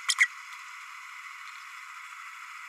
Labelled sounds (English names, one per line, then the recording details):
Green-rumped Parrotlet babbling
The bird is a female
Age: 32 days
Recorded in a nest box in Venezuela
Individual 17B32A5